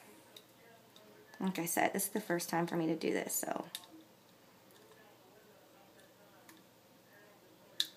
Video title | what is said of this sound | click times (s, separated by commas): What is an insulin pump? Part 3- Continuous Glucose Monitor | and we have to push it down until it clicks | 0.4 s